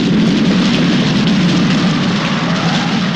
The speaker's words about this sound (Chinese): 儿子，这可是下雨了啊！